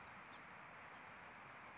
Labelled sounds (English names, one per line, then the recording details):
House Finch
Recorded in Sonoma County, California